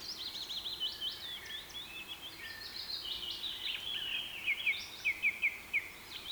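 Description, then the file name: Birds calling: a trilling chatter and mixed chirps, ending in a run of sharp, clear whistled notes. Rain forest. "KPR Sounds - Rain Forest Bird Sounds"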